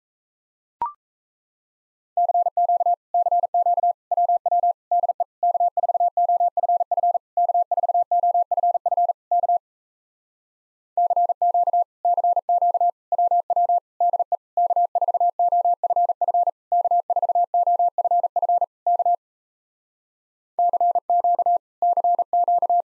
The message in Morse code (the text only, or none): CQ CQ WW DE K4OFF K4OFF K CQ CQ WW DE K4OFF K4OFF K CQ CQ